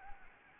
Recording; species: mosquito wingbeat signal from an infrared sensor; Anopheles gambiae